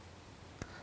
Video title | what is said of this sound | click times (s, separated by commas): Foundation Practicals - an RSGB guide for new licensees | like that pushing until you hear the click | 0.6 s